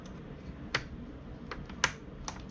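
A tiny coaxial antenna cable connector is pressed down with a finger onto the wireless card terminal inside an HP Pavilion G7-2270US laptop. Several sharp little clicks sound over a faint background, with the loudest, crisp snap at 1.8 s as the connector seats onto the card.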